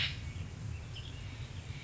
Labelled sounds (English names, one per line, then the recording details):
Western Tanager
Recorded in Sonoma County, California